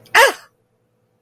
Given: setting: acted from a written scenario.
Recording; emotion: vocal sound without words; negative surprise